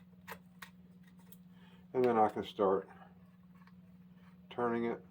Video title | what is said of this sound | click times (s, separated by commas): An Old tool Saves the Day in the Secret Underground Laboratory Recovery and Salvage | and just very carefully rotate this backwards till I feel it click, | 0.6 s